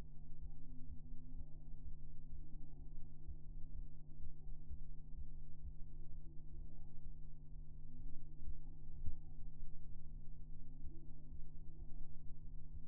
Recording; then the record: fetal heart sounds by stethoscope on the mother's abdomen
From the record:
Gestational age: 33 weeks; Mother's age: 21 years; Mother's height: 151 cm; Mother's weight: 51 kg